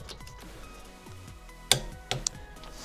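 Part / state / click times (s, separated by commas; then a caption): torque wrench on wheel lug bolt of car hub / torque reached / 1.7 s. A click-type torque wrench tightens another wheel lug bolt on a GTI's car hub in a star pattern, set to 92 ft-lbs. A sharp click is heard at 1.7 s, followed by two fainter ticks near 2.1 s and 2.3 s over quiet background music. The bolt reaches its set torque and is confirmed good.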